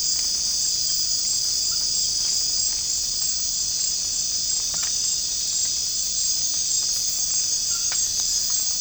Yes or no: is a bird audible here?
no